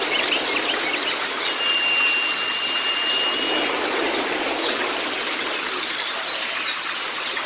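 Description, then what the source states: White-eye twittering in a thick, continuous high stream of quick chirps, with one steady thin tone held for about two seconds early on. White-eye (pleci kacamata si putih) song, meant to get a silent (bisu) pleci singing constantly (gacor).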